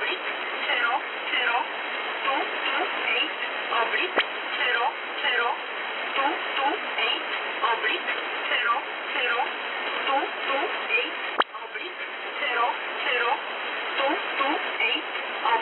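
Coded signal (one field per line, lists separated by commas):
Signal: numbers station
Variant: E11 Oblique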